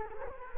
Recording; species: mosquito wingbeat signal from an infrared sensor; Culex quinquefasciatus